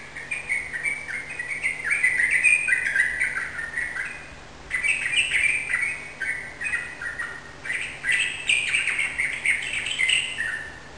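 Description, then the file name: Yellow-vented bulbul song: bubbly, chattering phrases of rapid notes, almost continuous with one brief pause, over a faint steady low hum. Rapid continuous song style called ropel; bird recorded indoors in a room. "suara burung trucukan ropel di ruangan"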